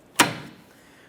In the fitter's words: Listen for a click and double check to make sure it's seated properly.